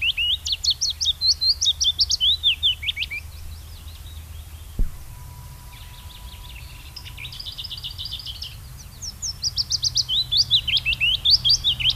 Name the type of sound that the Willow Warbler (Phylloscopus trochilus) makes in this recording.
song